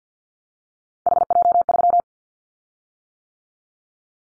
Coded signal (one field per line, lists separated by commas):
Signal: Morse code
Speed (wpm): 48 wpm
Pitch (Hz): 700 Hz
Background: none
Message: HJ3